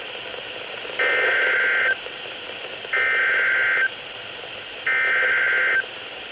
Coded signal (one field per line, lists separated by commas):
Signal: Emergency Alert System (SAME) tones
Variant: header bursts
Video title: Things took a weird route here... // EAS Alerts from July 4th to 11th - EAS 228-256